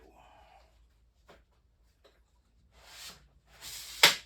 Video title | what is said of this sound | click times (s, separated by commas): Milwaukee M18 Rocket Tower Light Charger 2136-20 unboxing | Alright, that locks in place right there. | 4.0 s